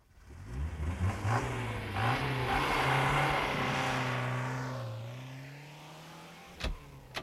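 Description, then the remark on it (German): A black limousine without lights roars up in pitch as it shoots out of a side street, then winds down as it stops crosswise in front of another car, followed by a couple of sharp knocks near the end. No one speaks. “Eine schwarze Limousine, ohne Licht, schoss aus der Nebenstraße und stellte sich quer vor ihren Wagen.”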